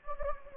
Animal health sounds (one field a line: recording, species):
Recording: mosquito wingbeat signal from an infrared sensor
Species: Anopheles gambiae